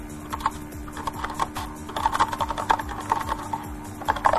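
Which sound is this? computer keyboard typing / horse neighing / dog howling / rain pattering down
computer keyboard typing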